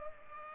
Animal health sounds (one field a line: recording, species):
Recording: mosquito wingbeat signal from an infrared sensor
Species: Culex pipiens